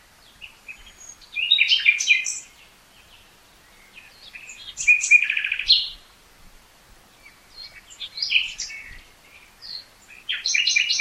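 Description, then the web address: Common nightingale song in separate bursts of sharp chirps, warbles and a brief rapid trill, with short silences between phrases. "SETE data Luscinia megarhynchos"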